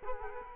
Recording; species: mosquito wingbeat signal from an infrared sensor; Culex quinquefasciatus